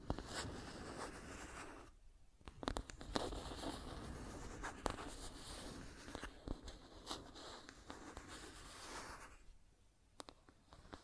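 Steady scratching and tracing with dense, rough strokes, sharp clicks around 2–3 and 5 seconds, and brief pauses near 2 and 10 seconds.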